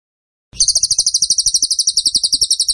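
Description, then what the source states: Bird song: a high, rapid pulsed trill with evenly spaced notes, running steadily without a break after a short silent start. Masteran (training) song of a bird in tembakan style, described as gacor.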